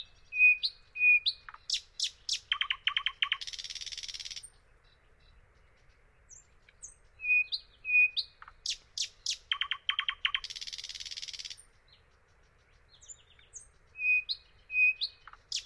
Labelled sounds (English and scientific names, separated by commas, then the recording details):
Thrush Nightingale (Luscinia luscinia) song
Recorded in the wild
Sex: male
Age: adult
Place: Dargun, Peenetal, Mecklenburg-Vorpommern, DE
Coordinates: 53.8764, 12.8739
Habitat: wetland
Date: 2010-06-09 22:21
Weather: 15°C, almost no wind
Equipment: Sound Devices 702, Sennheiser MKH 70, Rycote Windschutz
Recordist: Frommolt, Karl-Heinz